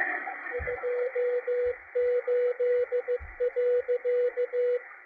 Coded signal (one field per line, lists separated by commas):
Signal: Morse code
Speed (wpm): 16 wpm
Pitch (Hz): 490 Hz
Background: radio noise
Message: 28.